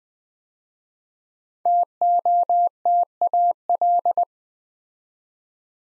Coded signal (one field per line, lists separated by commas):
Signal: Morse code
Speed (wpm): 20 wpm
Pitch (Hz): 700 Hz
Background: none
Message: TOTAL